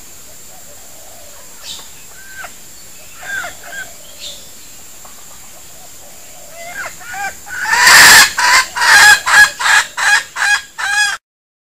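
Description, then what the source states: Junglefowl calls: faint scattered clucks, then a long loud run of harsh cackling notes in the last few seconds. Female (betina); a denak (decoy) junglefowl.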